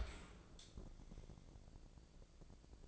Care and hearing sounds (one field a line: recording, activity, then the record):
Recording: daily activity, microphone in the room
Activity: open dishwasher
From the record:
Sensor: 5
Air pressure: 1012.4 hPa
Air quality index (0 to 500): 158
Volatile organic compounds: 2 ppm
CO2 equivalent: 1073 ppm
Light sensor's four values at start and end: 115/277/117/131 and 115/277/117/131